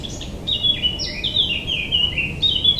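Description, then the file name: Eurasian blackcap singing short whistled, descending fluty phrases in a quick warbled sequence over a steady low background hiss. "Sylvia atricapilla"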